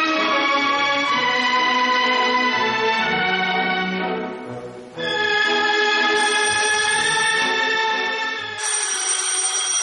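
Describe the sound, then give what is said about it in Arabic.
A telephone bell rings loudly and continuously, a shrill metallic jangle that briefly dips near the middle, then resumes and shifts slightly brighter toward the end, with no voices. “التليفون يا زايد بيه.”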